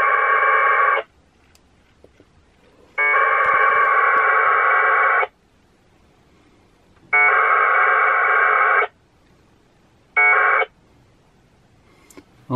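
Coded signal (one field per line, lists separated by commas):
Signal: packet radio (AX.25, as in APRS)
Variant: 1200 baud AFSK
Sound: four raspy warbling data bursts of varying length with quiet hiss between them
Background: radio static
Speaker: RM for read mine let's see what Ken had to say um what did he say here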